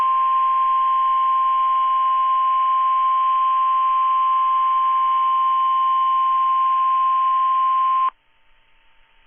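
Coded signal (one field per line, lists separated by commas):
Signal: Emergency Alert System (SAME) tones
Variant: 1050 Hz attention tone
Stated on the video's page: Two Required Monthly Tests and three NOAA Weather Radio weekly tests.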